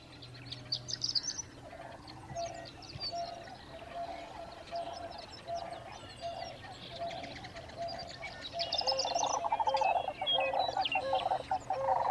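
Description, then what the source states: Sandhill Crane rolling, rattling calls building toward the end, with high chirping songbirds throughout. Dawn chorus, Sierra Valley Marsh near Portola, California, June 24, 2023, 5:33am; AT-4022 omni condensers on Jecklin disk binaural baffle; Nature Sound Society workshop.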